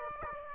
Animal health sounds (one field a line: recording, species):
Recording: mosquito wingbeat signal from an infrared sensor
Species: Aedes aegypti